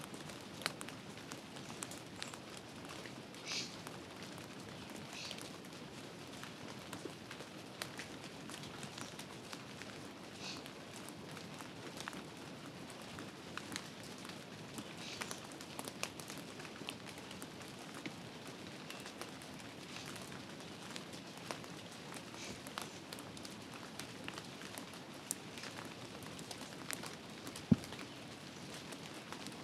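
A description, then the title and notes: Heavy rain falls in a forest, a dense, steady hiss with many small drops pattering throughout. Brighter splashes stand out now and then, and a single sharp tap sounds near the 28-second mark. Heavy Rain forest by Cozy Window Ambience.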